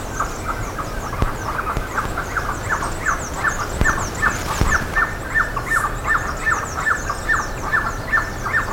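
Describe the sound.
Bird calls: rapid falling notes repeated steadily, with high twittering chirps above and a few sharp clicks.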